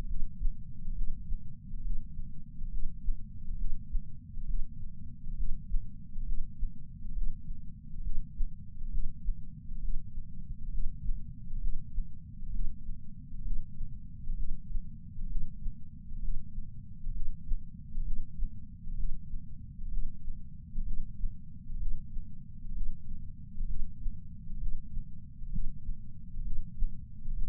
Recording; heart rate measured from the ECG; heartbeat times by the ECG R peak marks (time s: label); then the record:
heart sounds by patch sensor on the chest; 66 bpm
0.06 s: heartbeat
0.93 s: heartbeat
1.82 s: heartbeat
2.69 s: heartbeat
3.56 s: heartbeat
4.45 s: heartbeat
5.35 s: heartbeat
6.24 s: heartbeat
7.13 s: heartbeat
8.01 s: heartbeat
8.89 s: heartbeat
9.80 s: heartbeat
10.69 s: heartbeat
11.59 s: heartbeat
12.51 s: heartbeat
13.42 s: heartbeat
14.35 s: heartbeat
15.27 s: heartbeat
16.20 s: heartbeat
17.12 s: heartbeat
18.03 s: heartbeat
18.95 s: heartbeat
19.89 s: heartbeat
20.83 s: heartbeat
21.77 s: heartbeat
22.73 s: heartbeat
23.66 s: heartbeat
24.58 s: heartbeat
25.50 s: heartbeat
26.42 s: heartbeat
27.34 s: heartbeat
From the record:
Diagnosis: coronary artery disease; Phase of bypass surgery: preoperative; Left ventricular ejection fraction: 52.3%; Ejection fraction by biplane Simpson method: 38%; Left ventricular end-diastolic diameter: 62 mm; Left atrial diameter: 45 mm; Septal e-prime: 4 cm/s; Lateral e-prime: 7 cm/s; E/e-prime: 12.2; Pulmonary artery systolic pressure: 24 mmHg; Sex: male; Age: 61 years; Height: 174 cm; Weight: 80 kg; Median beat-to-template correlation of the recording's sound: 0.91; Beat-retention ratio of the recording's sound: 0.97